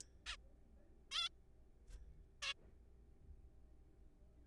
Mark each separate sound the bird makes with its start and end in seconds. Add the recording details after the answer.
0.26-0.37, 1.11-1.29, 2.42-2.53. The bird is a juvenile. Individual R3428